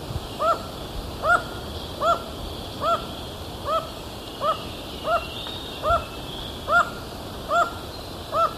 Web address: Natures Songs S America Birds of Ecuador Black-Mandibled Toucan